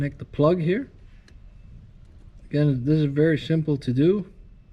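A wiring harness plug is being handled at the back of a replacement LED headlight bulb on a 2015-2019 Nissan Murano while someone talks, with a faint brief tick near 1.3 s between the phrases. The plug has not seated or clicked into the bulb connector yet.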